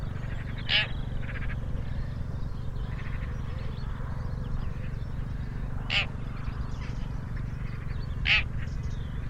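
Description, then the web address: Bird giving three short, sharp, high notes spaced a few seconds apart, over a steady low rumble. Call labelled "Pi Pi Pi Pi". "2025 File origin Bird Only"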